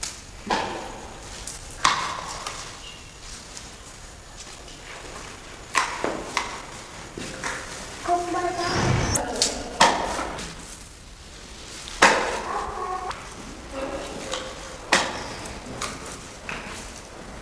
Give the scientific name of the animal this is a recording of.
Leptoptilos crumenifer